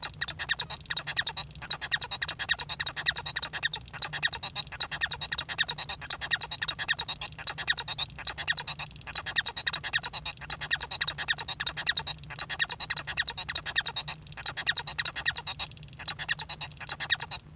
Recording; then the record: song of a male Bengalese finch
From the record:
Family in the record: son of father 1